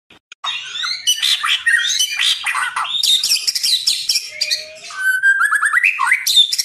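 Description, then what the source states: White-rumped shama song, a busy torrent of chattering notes, buzzes and slurred whistles, ending in a rising series of quick whistled notes. Training recording (masteran) for caged birds, titled Murai Batu Labaik.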